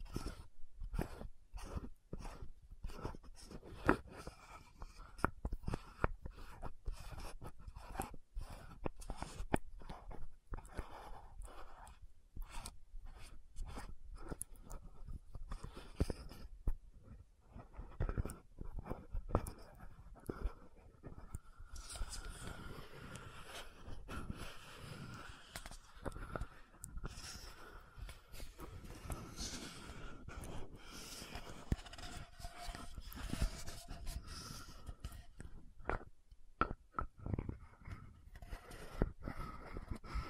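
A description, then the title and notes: Lid sounds and bottle tapping, with scratching: quick, irregular taps and clicks run throughout, sometimes in rapid clusters. From about 22 to 35 seconds a denser, brighter scratching fills in between the taps, then sparse knocks return to finish. ASMR 10 Lid Sounds & Bottle Tapping, Scratching for Sleep 1Hr (No Talking).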